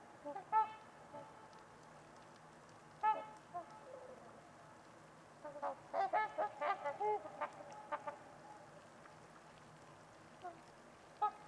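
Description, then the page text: Trumpeter swans honking, with isolated nasal calls spaced a few seconds apart and a brief lively burst of calls midway. Trumpeter swans at Winters Lake in a deep valley, recorded on a winter evening amid deep silence and distant white noise. "Trumpeter Swans on a Winter's Eve. Wind Is the Original Radio. Winters-Lake-with-Swan. A coveted silence drenches the deep valley. Winter at it’s finest"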